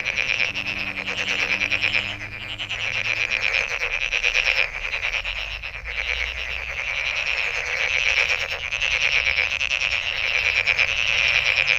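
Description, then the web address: Dense frog chorus of fast pulsing croaks, continuous overlapping callers, with a faint low hum in the first few seconds. Recorded 23 May 2008. "misc sound frog frog 20080523"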